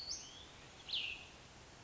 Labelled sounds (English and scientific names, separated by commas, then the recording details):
Cassin's Vireo (Vireo cassinii)
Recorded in Sonoma County, California